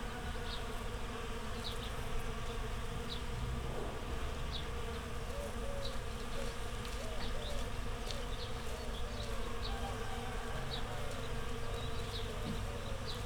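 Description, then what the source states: Steady low bee buzzing, thick and unbroken, with scattered high chirps and brief wavering calls mixed in. Bees in a flowering rapeseed field, Słoneczna 9, Siemianowice Śląskie, Poland; Saturday 18 May 2019; Zoom H5 with Audio-Technica BP4025.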